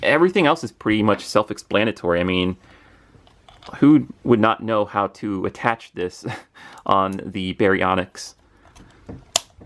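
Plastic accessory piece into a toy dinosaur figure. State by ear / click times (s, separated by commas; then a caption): seated / 9.4 s. Someone talks while a plastic accessory piece is pushed firmly into a plastic Mattel Jurassic World Baryonyx toy dinosaur figure, with a few faint clicks along the way. A sharp, loud snap at 9.4 s marks the piece seating into the figure.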